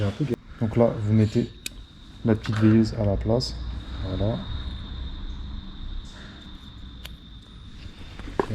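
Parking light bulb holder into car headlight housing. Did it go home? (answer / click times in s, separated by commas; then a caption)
yes / 8.4 s. A small parking light bulb holder is placed into the headlight housing of a Renault Kangoo 1 and pushed in while someone talks. A sharp click at 8.4 s marks the holder seating in place.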